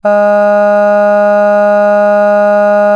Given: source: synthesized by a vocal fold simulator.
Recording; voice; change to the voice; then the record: sustained vowel; female; none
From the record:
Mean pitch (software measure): 206 Hz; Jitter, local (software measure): 0.20%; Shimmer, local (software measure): 1.6%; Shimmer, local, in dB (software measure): 0.14 dB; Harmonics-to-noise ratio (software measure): 31.5 dB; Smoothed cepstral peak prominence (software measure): 18.9 dB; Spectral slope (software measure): -21.9 dB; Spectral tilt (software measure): -8.6 dB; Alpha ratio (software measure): -12.4 dB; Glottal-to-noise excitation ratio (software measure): 0.976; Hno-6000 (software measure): 2.5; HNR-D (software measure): 39.2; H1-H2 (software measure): 9.5 dB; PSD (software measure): 2.1e-05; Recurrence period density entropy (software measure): 0.134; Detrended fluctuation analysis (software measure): 0.0274